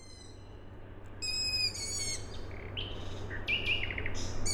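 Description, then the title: Owl chicks giving harsh, harmonic squealing calls after a quiet start, with a nightingale's varied whistled notes and a steady low industrial hum throughout. Owl chicks calling at night, Tuesday 21 May 2019, Siemianowice Śląskie, Poland; industrial plant audible in background; nightingale also present; recorded with Zoom H5 and Audio-Technica BP4025. "Siemianowice Śląskie, Polska - Owl chicks"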